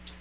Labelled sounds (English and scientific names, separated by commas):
Magnolia Warbler (Setophaga magnolia) flight call